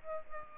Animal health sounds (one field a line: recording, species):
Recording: mosquito wingbeat signal from an infrared sensor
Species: Aedes aegypti